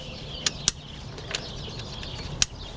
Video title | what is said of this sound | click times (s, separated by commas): Distributor Replacement on 94-95 Ford Mustang 5.0 liter | click it in there and then plug it in so this should be pretty straightforward | 2.4 s